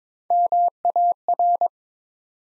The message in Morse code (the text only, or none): MAR